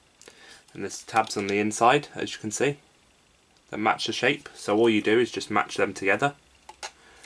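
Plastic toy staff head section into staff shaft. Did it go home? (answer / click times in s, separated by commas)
no / none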